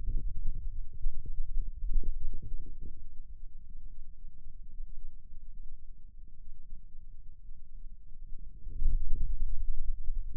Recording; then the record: forearm muscle sounds (acoustic myography)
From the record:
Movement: radial deviation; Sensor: system 2, bracelet of six BSWA MPA416 microphones around the upper forearm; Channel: 1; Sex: male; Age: 22 years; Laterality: right